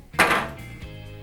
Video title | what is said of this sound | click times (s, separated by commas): How to Serve a Bowstring - October Mountain Products | make sure both of these are clicked in just like that | 0.2 s